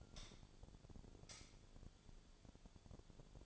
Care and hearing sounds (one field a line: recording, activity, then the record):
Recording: daily activity, microphone in the room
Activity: light on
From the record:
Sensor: 5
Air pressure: 1009.9 hPa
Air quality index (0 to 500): 159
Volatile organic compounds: 4 ppm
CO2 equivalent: 1552 ppm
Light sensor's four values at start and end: 191/484/200/215 and 192/486/201/216